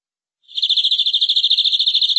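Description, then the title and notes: Canary song, a swelling rapid trill of even pulsed notes that begins softly and quickly reaches full strength. "BM Suara Burung Kenari"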